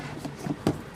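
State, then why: Seated. A plastic latch on the lid of a plastic project/scrapbook storage case is pressed down, closing two latches. Soft handling noise and a small thump near 0.5 s precede a sharp click at 0.7 s as the latch snaps shut and seats.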